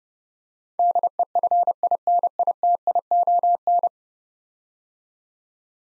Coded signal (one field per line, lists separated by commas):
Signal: Morse code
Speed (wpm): 30 wpm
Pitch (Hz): 700 Hz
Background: none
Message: DEFINITION